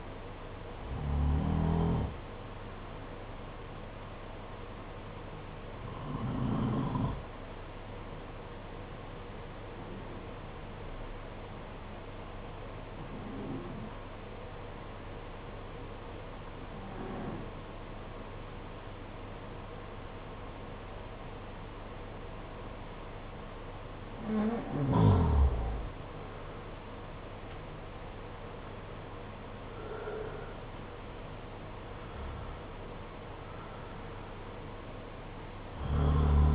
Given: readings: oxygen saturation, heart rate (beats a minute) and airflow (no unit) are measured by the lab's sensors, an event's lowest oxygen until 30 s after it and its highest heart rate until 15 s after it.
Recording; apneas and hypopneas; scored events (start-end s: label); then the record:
breathing in sleep by a voice recorder at the bedside; 1
7.00-25.30 s: hypopnea (N2, oxygen 94% highest, then 87% lowest, heart rate 50 at the start, 62 highest)
From the record:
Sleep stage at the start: N2 (light sleep); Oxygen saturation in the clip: 88 to 94%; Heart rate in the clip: 50 to 62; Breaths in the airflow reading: 7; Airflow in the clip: -5.5 to 7.6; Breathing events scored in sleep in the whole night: 476 in 9.7 hours asleep